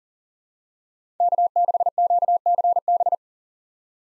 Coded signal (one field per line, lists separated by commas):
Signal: Morse code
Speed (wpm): 40 wpm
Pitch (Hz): 700 Hz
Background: none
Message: K6QCB